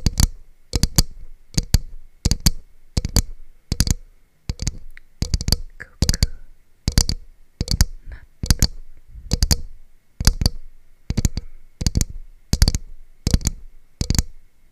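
Hard knocks on a coconut shell, one roughly every half second in a steady pattern, each a dry, bright tap.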